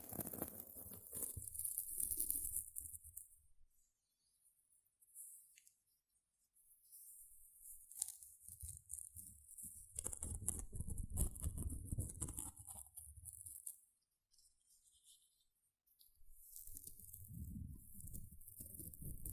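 Gentle scratching sounds come in soft, dense bursts, each a few seconds long, with thin, hissy high edges over a low rubbing murmur. Short near-silent pauses fall around 5–7 seconds and again near 14–16 seconds before the scratching resumes.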